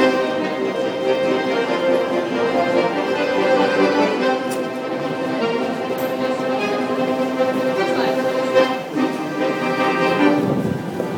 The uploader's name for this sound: Two accordions at U-Bahn Potsdamer Platz on Friday evening